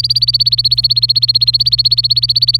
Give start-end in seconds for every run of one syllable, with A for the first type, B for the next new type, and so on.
0.00-2.60 A